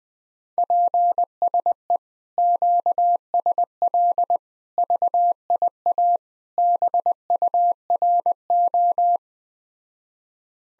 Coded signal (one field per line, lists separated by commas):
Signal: Morse code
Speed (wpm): 20 wpm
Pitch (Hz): 700 Hz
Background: none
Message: PSE QSL VIA BURO